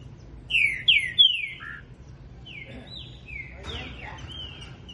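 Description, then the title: Green-winged saltator giving three strong, sweet downslurred whistles in quick succession, followed by quieter, thinner whistled notes. Singing while warming up. "Canto De Trinca Ferro Voz 07. Trinca ferro Rex esquentando"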